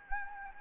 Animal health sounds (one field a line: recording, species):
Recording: mosquito wingbeat signal from an infrared sensor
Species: Anopheles gambiae